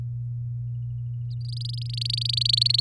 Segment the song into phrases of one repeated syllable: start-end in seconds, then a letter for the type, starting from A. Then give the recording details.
1.41-2.80 A. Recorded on 11 May 2018 at 05:37. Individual llb16